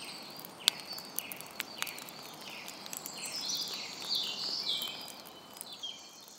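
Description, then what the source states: Birdsong, bright warbling phrases and scattered chirps over soft steady hiss like light rain, with a few sharp clicks early on. April, quiet rain.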